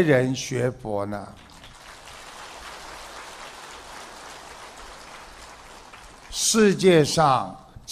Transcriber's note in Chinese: 掌声